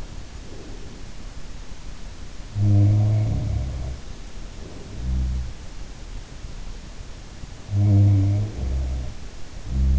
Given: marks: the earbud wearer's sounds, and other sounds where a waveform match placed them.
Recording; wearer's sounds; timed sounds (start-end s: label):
sounds in sleep by an in-ear microphone; breath
0.00-1.48 s: breath
2.32-6.01 s: sound from someone else or the room
7.62-9.99 s: sound from someone else or the room